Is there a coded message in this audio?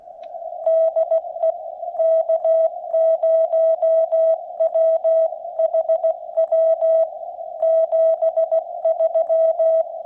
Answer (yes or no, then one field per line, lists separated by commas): yes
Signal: Morse code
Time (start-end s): 0.7-9.8 s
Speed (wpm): 16 wpm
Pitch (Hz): 650 Hz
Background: none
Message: DE K0WHW 73